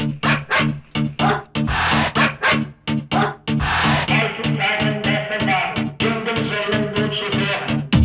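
Repeated dog barks and yips ring out in a quick, rhythmic run over a steady disco beat in a disco hit, with a sustained synth and music layer filling in behind them.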